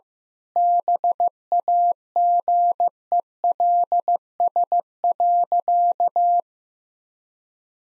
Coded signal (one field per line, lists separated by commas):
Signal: Morse code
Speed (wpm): 15 wpm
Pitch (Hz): 700 Hz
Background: none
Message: BAGELS.